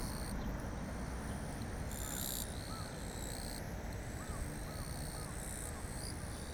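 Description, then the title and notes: Japanese bush cricket chorus: several insects giving high buzzy bursts in uneven succession, with faint short bird-like notes and constant low background rumble. Calling to one another actively in blazing daytime heat, 5 August 2020, Kariwa, Niigata, Japan; same spot as a night recording; Zoom H6 with Sennheiser MKH8020 microphone. "炎天下のキリギリス. 新潟県刈羽村"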